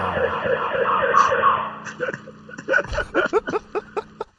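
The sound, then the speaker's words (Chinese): A wailing alarm siren sounding at a home rises and falls for a couple of seconds, then breaks into a quick run of sharp, evenly spaced pulsing bursts that grow louder toward the end. “喂，听唔听到啊？响鸣嘅警报器啊！”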